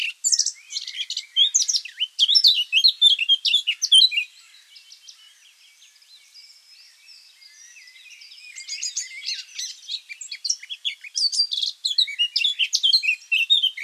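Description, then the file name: Eurasian blackcap song: two bursts of rapid, chattering warbling notes, separated by a quieter stretch of faint twittering in the middle. "Sylvia atricapilla"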